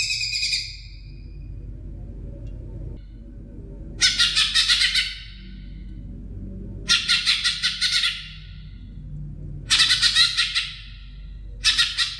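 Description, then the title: Leafbird singing harsh, chattering bursts of notes, each about a second long and repeated every few seconds, over a low hum. "CUCAK IJO"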